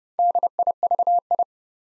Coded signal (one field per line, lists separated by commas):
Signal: Morse code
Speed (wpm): 28 wpm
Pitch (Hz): 700 Hz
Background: none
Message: DIVI